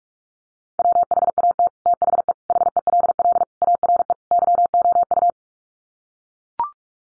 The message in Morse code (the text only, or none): WHAT THE HELL ARE YOU